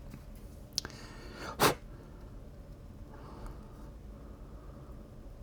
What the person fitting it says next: There we go, that fit in there. You can hear the click